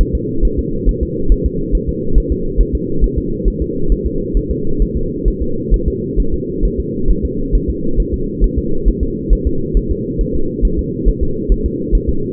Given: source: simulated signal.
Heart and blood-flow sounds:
fetal heart sounds
0.01 s: S1
0.15 s: S2
0.45 s: S1
0.59 s: S2
0.89 s: S1
1.03 s: S2
1.32 s: S1
1.46 s: S2
1.75 s: S1
1.89 s: S2
2.18 s: S1
2.32 s: S2
2.61 s: S1
2.75 s: S2
3.04 s: S1
3.18 s: S2
3.48 s: S1
3.62 s: S2
3.92 s: S1
4.06 s: S2
4.37 s: S1
4.51 s: S2
4.82 s: S1
4.97 s: S2
5.28 s: S1
5.42 s: S2
5.74 s: S1
5.88 s: S2
6.20 s: S1
6.34 s: S2
6.65 s: S1
6.80 s: S2
7.11 s: S1
7.25 s: S2
7.55 s: S1
7.70 s: S2
8.00 s: S1
8.14 s: S2
8.44 s: S1
8.58 s: S2
8.88 s: S1
9.03 s: S2
9.33 s: S1
9.47 s: S2
9.77 s: S1
9.91 s: S2
10.21 s: S1
10.36 s: S2
10.65 s: S1
10.79 s: S2
11.08 s: S1
11.23 s: S2
11.52 s: S1
11.66 s: S2
11.95 s: S1
12.09 s: S2
From the record:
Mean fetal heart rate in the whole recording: 135 bpm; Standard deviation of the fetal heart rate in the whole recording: 3 bpm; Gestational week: 36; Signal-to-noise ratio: -8.1 dB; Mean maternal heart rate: 72 bpm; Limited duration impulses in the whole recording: absent

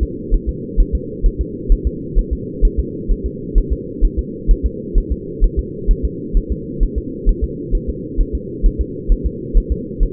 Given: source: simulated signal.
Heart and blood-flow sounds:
fetal heart sounds
0.03 s: S2
0.34 s: S1
0.49 s: S2
0.80 s: S1
0.95 s: S2
1.26 s: S1
1.41 s: S2
1.72 s: S1
1.87 s: S2
2.19 s: S1
2.33 s: S2
2.65 s: S1
2.79 s: S2
3.11 s: S1
3.26 s: S2
3.58 s: S1
3.73 s: S2
4.05 s: S1
4.19 s: S2
4.51 s: S1
4.66 s: S2
4.98 s: S1
5.12 s: S2
5.44 s: S1
5.59 s: S2
5.91 s: S1
6.05 s: S2
6.37 s: S1
6.52 s: S2
6.83 s: S1
6.98 s: S2
7.29 s: S1
7.44 s: S2
7.75 s: S1
7.89 s: S2
8.21 s: S1
8.35 s: S2
8.66 s: S1
8.81 s: S2
9.12 s: S1
9.26 s: S2
9.57 s: S1
9.72 s: S2
10.03 s: S1
From the record:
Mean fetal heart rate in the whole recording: 130 bpm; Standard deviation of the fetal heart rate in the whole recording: 2 bpm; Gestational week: 38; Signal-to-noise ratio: -4.1 dB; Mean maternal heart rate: no maternal heart sound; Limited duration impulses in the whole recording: absent

